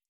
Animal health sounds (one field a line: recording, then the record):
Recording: hydrophone in a shrimp aquaculture tank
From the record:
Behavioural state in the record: stressed